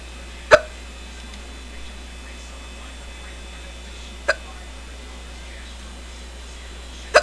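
Three brief, sharp hiccup sounds from an adult, each a sudden gulping click with a short voiced tail, spaced about three and a half seconds apart against quiet room hum. Singultus: involuntary diaphragm spasms with abrupt glottal closure.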